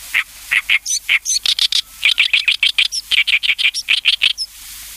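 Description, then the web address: Oriental reed warbler song: harsh, grating notes repeated in quick chattering runs, with some higher squeaky notes mixed in. "sikioto. ooyoshikiri"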